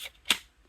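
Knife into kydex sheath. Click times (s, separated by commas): 0.3 s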